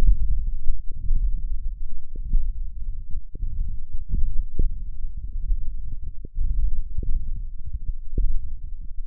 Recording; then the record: forearm muscle sounds (acoustic myography)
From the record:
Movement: index flexion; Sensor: system 1, eight BSWA MPA416 microphones around the upper forearm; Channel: 8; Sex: male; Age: 21 years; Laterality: right